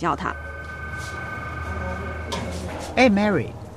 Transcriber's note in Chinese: Office ambience